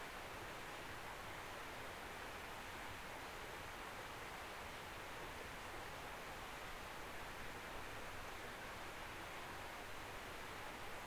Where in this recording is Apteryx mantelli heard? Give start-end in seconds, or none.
none